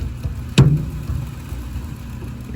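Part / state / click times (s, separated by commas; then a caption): drive belt seating onto dryer drum / seated / 0.6 s. The drive belt on a Maytag MLG31 dryer is being seated on the drum. It had been slipping because it was not centered on the basket, so the drum is spun by hand until the rubber belt pops into place with a sharp snap at 0.6 s. Low rumble continues throughout, and the belt is now seated.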